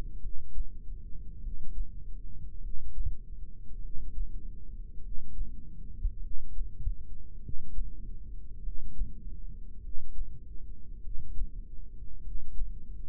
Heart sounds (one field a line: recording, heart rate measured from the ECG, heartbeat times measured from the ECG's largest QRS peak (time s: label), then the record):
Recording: heart sounds by microphone in the left ear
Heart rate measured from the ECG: 50 bpm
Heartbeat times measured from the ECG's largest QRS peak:
0.18 s: heartbeat
1.38 s: heartbeat
2.58 s: heartbeat
3.78 s: heartbeat
4.98 s: heartbeat
6.18 s: heartbeat
7.38 s: heartbeat
8.58 s: heartbeat
9.78 s: heartbeat
10.98 s: heartbeat
12.19 s: heartbeat
From the record:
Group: heart failure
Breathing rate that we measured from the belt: 16 breaths a minute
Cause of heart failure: dilated cardiomyopathy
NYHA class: 3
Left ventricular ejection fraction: 27%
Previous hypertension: present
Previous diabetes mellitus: present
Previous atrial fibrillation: present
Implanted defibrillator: present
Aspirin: present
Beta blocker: bisoprolol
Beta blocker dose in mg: 1.25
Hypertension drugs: sacubitril-valsartan, spironolactone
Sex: female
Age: 39 years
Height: 170 cm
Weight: 64 kg